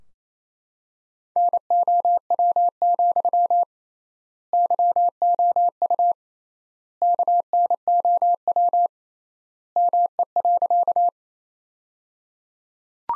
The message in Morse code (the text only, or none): NOW, YOU KNOW ME.